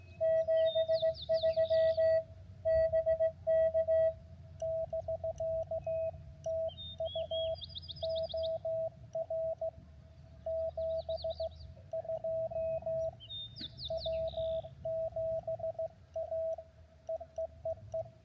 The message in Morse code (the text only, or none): 73 BK <BK> TU OR 72 W7A EEEE